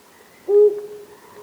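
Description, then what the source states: Flammulated Owl hoot, a single short, low note. Prefers open pine woods; one of 19 owl species in the U.S. and Canada.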